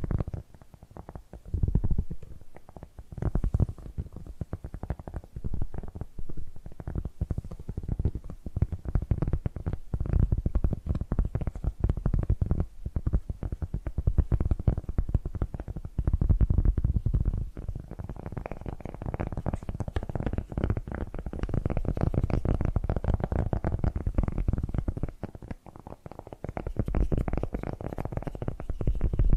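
Tapping and scratching sounds run without a break, a dense stream of quick, irregular taps over a low, rumbling scrape. Most of the sound sits low and dull, with brighter scratchy detail coming and going, and a brief dip near 25 seconds.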